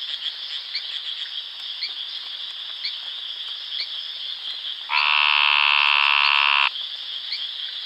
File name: Scinax proboscideus